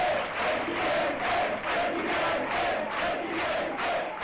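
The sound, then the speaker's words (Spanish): A large crowd chants "presidente" in unison with a steady, repeating rhythm, loud and continuous throughout, each syllable pulsing at regular intervals, at the Vox party headquarters as the party's candidate is presented during the 2026 Aragón elections. “Le gritan presidente, pero eso sí que es tirar demasiado alto, ¿eh?”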